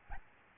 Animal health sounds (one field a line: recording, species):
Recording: mosquito wingbeat signal from an infrared sensor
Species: Aedes albopictus